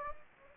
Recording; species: mosquito wingbeat signal from an infrared sensor; Anopheles gambiae